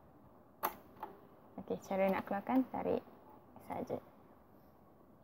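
A threaded bobbin in its metal bobbin case is pushed into a sewing machine's bobbin holder and seats with a sharp click at 0.7 s, followed by a fainter tap at 1.0 s. Someone then talks over the quiet background.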